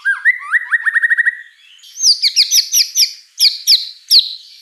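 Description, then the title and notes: White-rumped shama song: a quick series of rising chirps speeding into a trill, then higher sharp whistled notes repeated. Lure song (pancingan) of an actively singing (gacor) white-rumped shama (Murai Batu), with a rich repertoire of fill phrases (isian mewah). "Pancingan Gacor Murai Batu Bongkar Isian Mewah. Audio Murai Batu Dongfeng"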